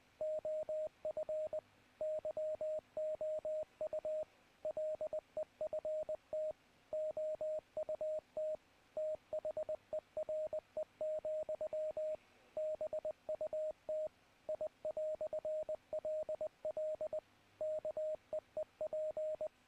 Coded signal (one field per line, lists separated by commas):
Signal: Morse code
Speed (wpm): 20 wpm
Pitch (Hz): 620 Hz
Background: radio noise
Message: OF YOU LEFT OUT THERE, BUT I"LL KEEP